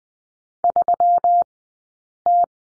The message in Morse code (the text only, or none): 3T